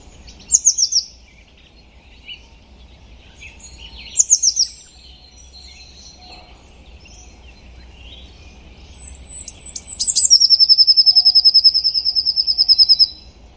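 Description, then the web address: Bird singing: two separate bursts of high, quickly falling notes, then near the end a thin high run leading into a rapid, steady trill of many bright notes. "Deverinetal 2025. Bird Only"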